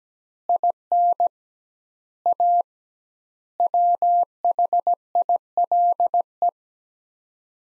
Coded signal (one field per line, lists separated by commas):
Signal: Morse code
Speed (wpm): 17 wpm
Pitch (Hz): 700 Hz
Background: none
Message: IN A WHILE